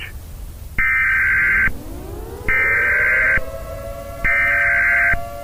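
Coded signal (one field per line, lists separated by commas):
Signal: Emergency Alert System (SAME) tones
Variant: header bursts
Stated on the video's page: Fictional zombie-apocalypse EAS scenario with altered Emergency Alert System tones.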